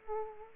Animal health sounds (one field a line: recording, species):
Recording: mosquito wingbeat signal from an infrared sensor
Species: Aedes aegypti